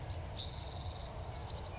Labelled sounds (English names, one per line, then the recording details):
California Towhee
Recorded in Sonoma County, California